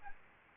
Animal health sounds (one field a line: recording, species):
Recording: mosquito wingbeat signal from an infrared sensor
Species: Aedes albopictus